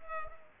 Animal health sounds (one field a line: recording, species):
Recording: mosquito wingbeat signal from an infrared sensor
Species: Culex quinquefasciatus